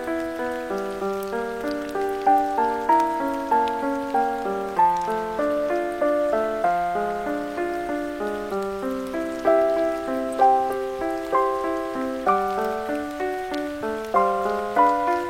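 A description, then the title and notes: Melodic notes, plucked or struck at a steady pace and rising and falling, play over a soft, constant hiss of rain. Music w/ Rain Sounds.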